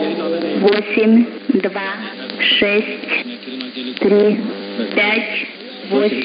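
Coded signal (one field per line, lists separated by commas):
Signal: numbers station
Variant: S06s Russian Lady, Russian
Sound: woman's voice over radio reading short, evenly spaced words, likely numbers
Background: radio static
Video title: 20 05 2021 Number station S06s Russian Lady in Russian to Eu 0730 on 11530 unknown tx site in CUSB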